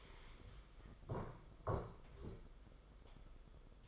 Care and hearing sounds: daily activity, microphone in the room; stand up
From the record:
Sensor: 5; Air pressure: 990.7 hPa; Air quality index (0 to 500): 150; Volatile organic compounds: 161 ppm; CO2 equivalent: 4070 ppm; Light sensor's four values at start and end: 45/136/52/56 and 45/136/52/56

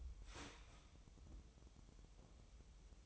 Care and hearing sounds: daily activity, microphone in the room; start toaster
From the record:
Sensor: 1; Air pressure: 988.6 hPa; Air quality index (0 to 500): 197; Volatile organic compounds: 947 ppm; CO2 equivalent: 5241 ppm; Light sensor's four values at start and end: 25/94/35/37 and 25/94/35/37

